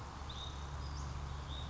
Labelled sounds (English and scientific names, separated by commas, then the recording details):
Western Flycatcher (Empidonax difficilis)
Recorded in Sonoma County, California